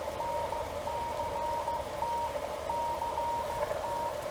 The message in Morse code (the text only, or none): NCT CT